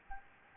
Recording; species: mosquito wingbeat signal from an infrared sensor; Anopheles gambiae